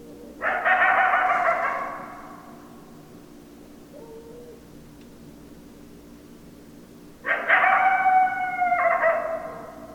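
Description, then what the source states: Coyote howling: one rich, steady howl, a faint short sound in the long pause, then a second howl with an abrupt break near its end. Recorded 10 December 2012.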